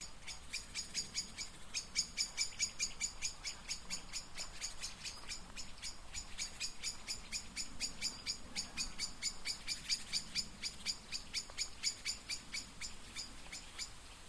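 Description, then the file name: Common blackbird giving sharp clicking calls, repeated steadily about twice a second throughout, over a constant background hiss. "Turdus merula"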